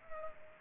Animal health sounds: mosquito wingbeat signal from an infrared sensor; Culex pipiens

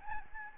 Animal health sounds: mosquito wingbeat signal from an infrared sensor; Aedes albopictus

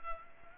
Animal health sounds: mosquito wingbeat signal from an infrared sensor; Culex pipiens

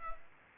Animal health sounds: mosquito wingbeat signal from an infrared sensor; Culex pipiens

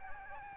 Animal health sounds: mosquito wingbeat signal from an infrared sensor; Aedes albopictus

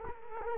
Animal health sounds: mosquito wingbeat signal from an infrared sensor; Culex quinquefasciatus

